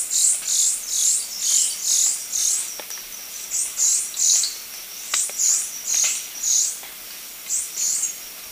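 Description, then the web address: Glistening-green tanager giving high, thin, sibilant notes repeated steadily about twice a second, with a faint steady high tone behind. Ecuador. "Birds of Ecuador. Glistening-green Tanager"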